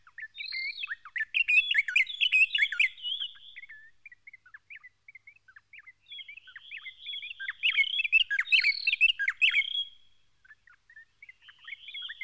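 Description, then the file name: White-browed robin-chat song in two loud, complex bursts of tumbling whistles and trills, with softer scattered notes between them. "Cossyphe d Heuglin Cossypha heuglini White-Browed robin-chat Weissbrauenrotel"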